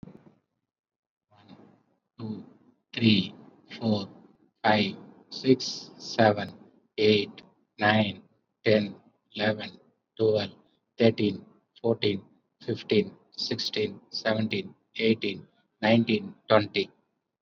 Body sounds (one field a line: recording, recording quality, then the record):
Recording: counting at a normal pace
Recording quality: excellent, no background noise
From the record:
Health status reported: COVID-19 positive, mild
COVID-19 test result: positive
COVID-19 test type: RT-PCR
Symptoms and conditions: cold, diarrhoea, diabetes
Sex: male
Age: 31 years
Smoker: no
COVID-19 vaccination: both doses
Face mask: worn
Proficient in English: yes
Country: India